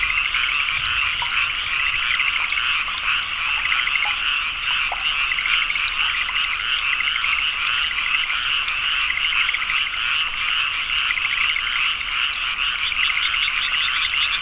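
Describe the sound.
Frogs calling continuously in a thick chorus, pulsed notes repeating rapidly and overlapping into a steady ringing trill.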